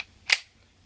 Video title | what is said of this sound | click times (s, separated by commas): KWC 1911 Airsoft Review | get a nice solid click | 0.3 s